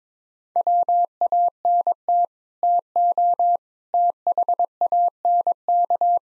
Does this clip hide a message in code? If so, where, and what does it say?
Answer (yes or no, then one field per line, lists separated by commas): yes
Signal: Morse code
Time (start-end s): 0.6-6.2 s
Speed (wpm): 22 wpm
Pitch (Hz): 700 Hz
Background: none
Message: WANT TO THANK